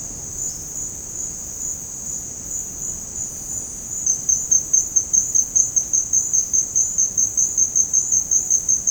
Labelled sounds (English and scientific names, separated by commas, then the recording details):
none
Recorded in dense forest near Puerto Asís, Putumayo, Colombia, on 25 June 2025 at 16:30
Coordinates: 0.486, -76.317
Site G065